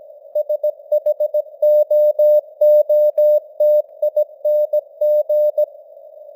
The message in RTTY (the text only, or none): none